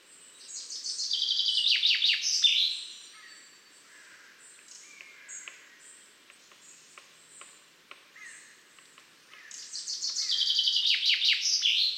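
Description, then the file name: Common chaffinch song: two descending trilled phrases, one at the start and one near the end, separated by quiet high twitters and scattered ticks. "Fringilla coelebs"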